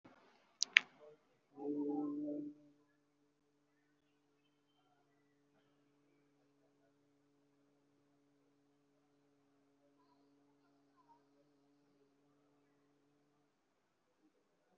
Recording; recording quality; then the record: sustained vowel as in boot; moderate, slight background noise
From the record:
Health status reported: COVID-19 positive, moderate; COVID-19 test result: positive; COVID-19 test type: RT-PCR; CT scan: not taken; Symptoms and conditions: fever, muscle pain, loss of smell and taste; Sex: male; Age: 28 years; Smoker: no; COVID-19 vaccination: both doses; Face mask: worn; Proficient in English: yes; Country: India